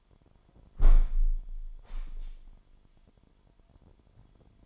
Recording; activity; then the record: daily activity, microphone in the room; close window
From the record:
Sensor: 5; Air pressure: 998.1 hPa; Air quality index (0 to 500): 94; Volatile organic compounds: 2 ppm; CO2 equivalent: 1072 ppm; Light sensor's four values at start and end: 23/55/23/25 and 23/55/23/25